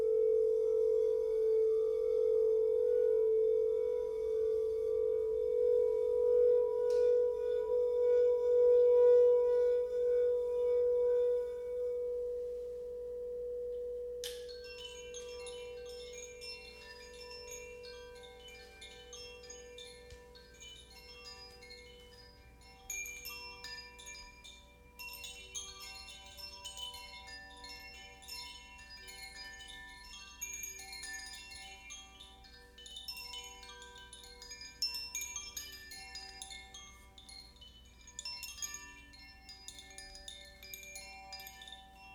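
A singing bowl hums a steady low tone for the first fifteen seconds, slowly swelling then fading. Around fourteen seconds a soft strike brings in a shimmering wash of bright, tinkling chime-like notes that sparkle irregularly through to the end over a faint low rumble.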